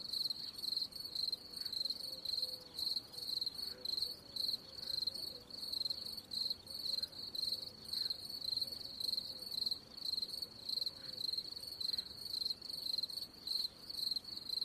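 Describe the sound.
Cricket producing a long series of shrill pulsed chirps, about two each second, regular and unbroken.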